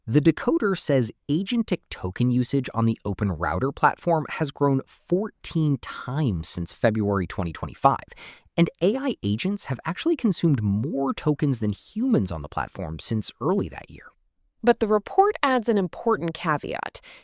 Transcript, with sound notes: The Decoder says agentic token usage on the OpenRouter platform has grown 14 times since February 2025, and AI agents have actually consumed more tokens than humans on the platform since early that year.
[thoughtful] But the report adds an important caveat: